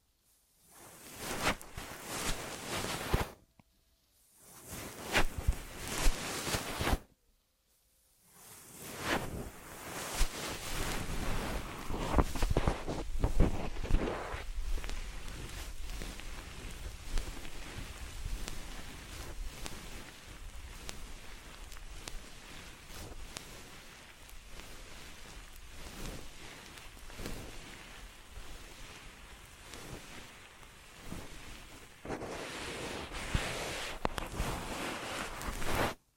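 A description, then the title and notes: Ear massage triggers: dense rustling and rubbing in short bursts with brief silences early on, then continuous soft crackling swells and fades. Ear Massage Triggers.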